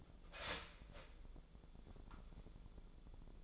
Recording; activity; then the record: daily activity, microphone in the room; start toaster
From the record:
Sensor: 5